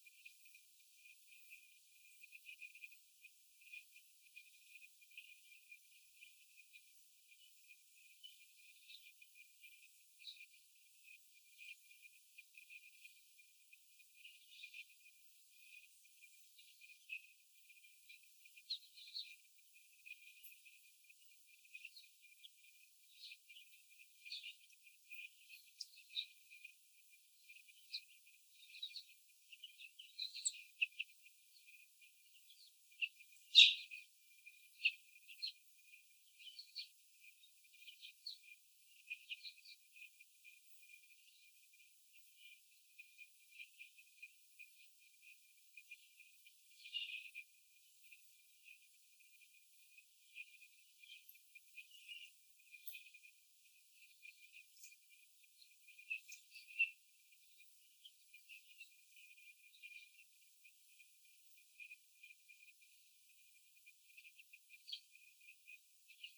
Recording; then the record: young laying hens in a cage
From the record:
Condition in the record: before the stressor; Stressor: sudden umbrella opening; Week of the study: 3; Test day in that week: 2